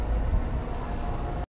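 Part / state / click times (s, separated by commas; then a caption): DC power cable connector mating with its counterpart on a diving compressor supply lead / not seated / none. Two halves of a high-current Andersen DC power connector on a 4-gauge cable, the supply lead from a 50-amp breaker and main battery bank to a 12-volt Hookamax diving compressor, are handled before being pushed together. A steady broadband rumble like a nearby vehicle fills the clip, with low thumps around 0.1–0.4 s, and cuts off abruptly at about 1.5 s. Nothing has seated or clicked yet.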